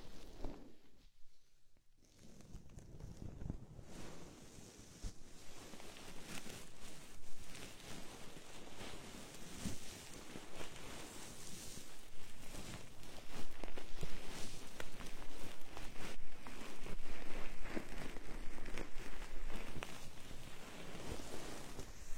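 Lace-gloved hands rub and massage the ears in dense, scratchy rustling that pauses briefly near two seconds, then grows louder and fuller after thirteen.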